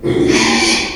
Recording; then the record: squeal of a Yucatan mini pig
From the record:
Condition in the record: after surgery on the right vocal fold (resection and tissue-engineered implant); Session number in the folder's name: 2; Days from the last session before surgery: 13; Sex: male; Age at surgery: 12 weeks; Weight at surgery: 13 kg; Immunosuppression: cyclosporine, prednisolone